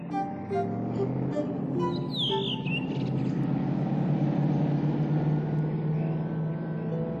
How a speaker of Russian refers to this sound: а у машины легкий ход. Она славная старушка. Только бы не рассыпалась по дороге. Старый владелец здорово загонял ее. Сказочная тишина. На этой дороге почти никакого движения.